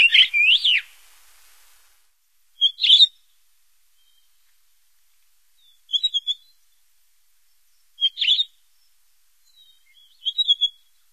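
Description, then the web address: Pine Grosbeak calls: short whistled notes of two or three parts, repeated every two to three seconds with silence between. "Songs of Birds of North America Stokes. Pine Grosbeak"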